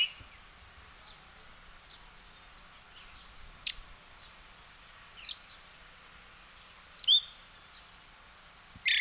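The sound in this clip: Western red-legged thrush uttering high, abrupt call notes about every one and a half to two seconds, some sliding downward, with light background noise.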